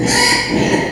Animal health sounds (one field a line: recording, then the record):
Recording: squeal of a Yucatan mini pig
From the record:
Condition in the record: before surgery on the right vocal fold (resection and tissue-engineered implant)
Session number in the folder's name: 2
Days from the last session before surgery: 0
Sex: male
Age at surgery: 12 weeks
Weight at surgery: 13 kg